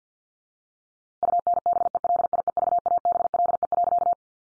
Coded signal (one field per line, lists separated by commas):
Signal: Morse code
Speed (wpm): 50 wpm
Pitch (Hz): 700 Hz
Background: none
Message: UNBELIEVABLE.